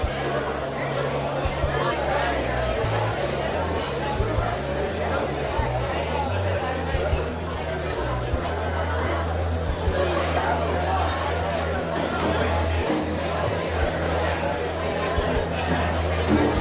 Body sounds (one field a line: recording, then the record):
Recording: background sound without coughing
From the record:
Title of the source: CITY SOUNDS Busy Bar in the Evening Night - 2 HOURS of Ambiance for Relaxation